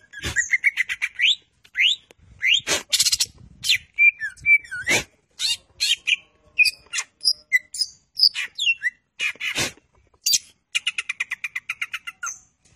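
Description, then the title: Greater green leafbird song: lively mix of quick rising whistles, chattering notes and sharp clicks, ending in a rapid buzzy trill. Champion singer with lively, constant song, used as a master song for training other birds. "Cucak Ijo Juara Suara Kicau Cucak Ijo Gacor Masteran Cucak Hijau"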